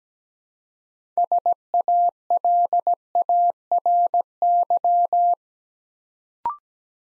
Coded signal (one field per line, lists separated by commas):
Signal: Morse code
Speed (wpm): 17 wpm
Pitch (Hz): 700 Hz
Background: none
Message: SALARY